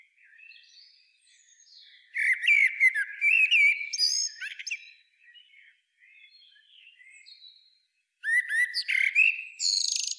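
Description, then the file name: Common blackbird singing two phrases, each a low fluty warble running into a burst of thin, squeaky high twittering, separated by quiet soft notes. "Turdus merula"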